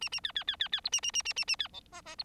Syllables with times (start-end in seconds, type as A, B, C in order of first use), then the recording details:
0.01-0.09 A, 0.12-0.20 A, 0.23-0.32 B, 0.35-0.44 B, 0.47-0.56 B, 0.59-0.68 B, 0.72-0.80 B, 0.84-0.90 C, 0.92-1.00 A, 1.02-1.11 A, 1.13-1.22 A, 1.25-1.33 A, 1.36-1.45 A, 1.47-1.56 A, 1.59-1.68 B, 1.73-1.80 D, 1.92-2.01 E, 2.05-2.15 E, 2.18-2.23 C. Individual Bird4